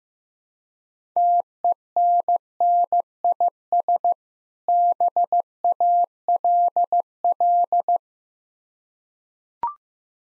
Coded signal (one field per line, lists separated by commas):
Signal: Morse code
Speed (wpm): 15 wpm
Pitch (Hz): 700 Hz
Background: none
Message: TENNIS BALL